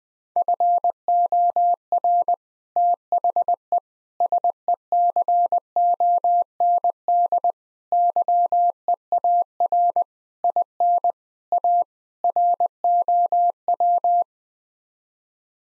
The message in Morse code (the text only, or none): FOR THE SECOND YEAR IN A ROW